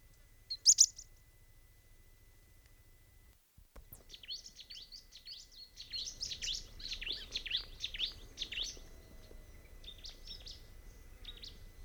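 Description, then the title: Bar-winged prinia: one sharp chirp, a pause, then a long stretch of quieter, continuous high twittering over a soft low hum. "Ciblek"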